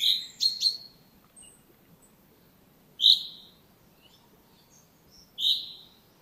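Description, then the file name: Common chaffinch calls, short sharp chinking notes, a quick cluster of three at the start, then single notes roughly every two to three seconds over quiet background hiss. "Fringilla coelebs"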